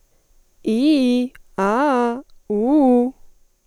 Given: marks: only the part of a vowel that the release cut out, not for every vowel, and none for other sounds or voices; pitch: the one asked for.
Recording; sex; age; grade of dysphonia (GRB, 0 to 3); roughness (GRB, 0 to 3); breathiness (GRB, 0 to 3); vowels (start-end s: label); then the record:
sustained vowels; female; 20 to 29 years; 0; 0; 0
0.70-1.24 s: vowel /i/, low-high-low pitch
1.60-2.15 s: vowel /a/, low-high-low pitch
2.52-3.06 s: vowel /u/, low-high-low pitch
From the record:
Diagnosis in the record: healthy voice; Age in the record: 20 years